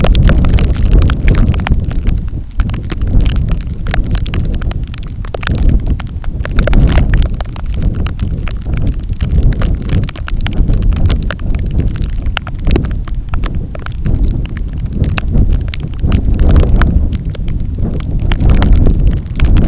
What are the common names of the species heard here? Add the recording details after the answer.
none. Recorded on Arctic tundra, site NAIT-1, on 27 June 2019. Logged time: 00:00